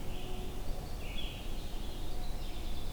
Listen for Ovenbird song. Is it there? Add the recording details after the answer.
no. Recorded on 22 June 2016 at 05:47. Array SBT-6-76